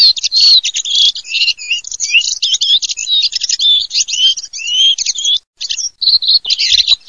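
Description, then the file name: Redwing giving a dense, continuous jumble of high chirps, squeaks and short whistled slurs, almost without pause; no low sounds present. "SASSELLOfabbri"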